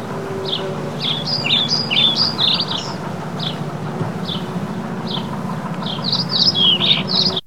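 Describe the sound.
Birds chirping in rapid bright, sliding notes throughout, with a steady low mechanical drone underneath.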